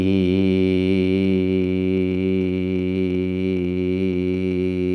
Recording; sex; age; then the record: sustained vowel /i/; male; 60 to 69 years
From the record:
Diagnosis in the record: healthy control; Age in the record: 60 years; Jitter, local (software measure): 0.39%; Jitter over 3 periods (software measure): 0.16%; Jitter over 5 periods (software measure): 0.23%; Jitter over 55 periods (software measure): 1.03%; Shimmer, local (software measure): 2.6%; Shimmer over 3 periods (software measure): 0.9%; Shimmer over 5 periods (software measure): 1.5%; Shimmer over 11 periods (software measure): 3.3%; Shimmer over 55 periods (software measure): 6.8%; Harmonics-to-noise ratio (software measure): 16.0 dB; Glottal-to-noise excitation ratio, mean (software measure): 0.97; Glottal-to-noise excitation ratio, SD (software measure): 0.008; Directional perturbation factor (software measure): 57.2%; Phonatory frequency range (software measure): 0.13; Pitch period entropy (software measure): 1.27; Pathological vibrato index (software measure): 0.41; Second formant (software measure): 2471 Hz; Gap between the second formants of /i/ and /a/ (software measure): 1213 Hz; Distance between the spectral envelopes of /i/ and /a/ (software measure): 9.9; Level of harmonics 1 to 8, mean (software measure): -10.4, -4.6, -5.1, -4.7, -18.8, -22.9, -35.3, -37.6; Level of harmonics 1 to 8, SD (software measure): 1.5, 2.0, 1.7, 1.8, 1.8, 1.8, 3.4, 2.4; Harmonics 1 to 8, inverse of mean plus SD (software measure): 0.085, 0.151, 0.146, 0.152, 0.049, 0.040, 0.026, 0.025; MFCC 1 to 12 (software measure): -1.4, 15.4, -0.9, -14.8, -1.9, -15.9, 0.9, 1.7, -4.3, 3.4, 0.2, -4.4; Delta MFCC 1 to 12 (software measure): 0.001, -0.006, 0.008, -0.010, 0.001, -0.004, 0.001, 0.006, -0.001, 0.003, 0.004, -0.005